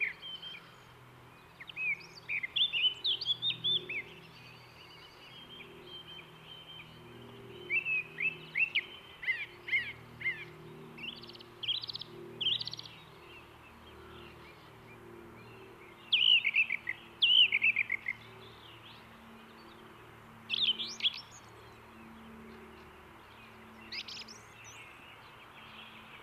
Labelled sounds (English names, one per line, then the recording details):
Song Thrush song
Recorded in the wild
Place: Oberstdorf, Bayern, DE
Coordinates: 47.3797, 10.2944
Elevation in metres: 903
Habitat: mountains
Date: 1977-03-25
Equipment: Nagra IV, Sennheiser MKH 405, Parabolreflektor
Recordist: Tretzel, Erwin
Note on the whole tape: Auffahrt Dietersberg, nahe Golfplatz, Oberstdorf: Gesang